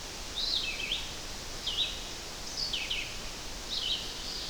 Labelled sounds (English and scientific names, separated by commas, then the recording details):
Red-eyed Vireo (Vireo olivaceus) song
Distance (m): 25 m
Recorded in boreal forest in Alberta, Canada, on 12 June 2016 at 05:45
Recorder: SongMeter 3, array SBT-3-18
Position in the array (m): 234 m, 100 m